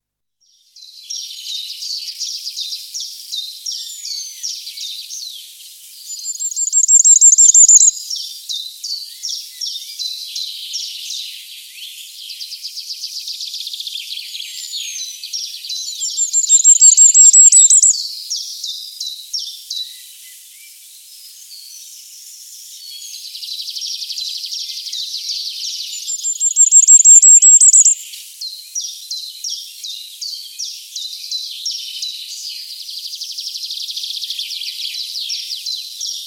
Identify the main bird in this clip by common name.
Common Firecrest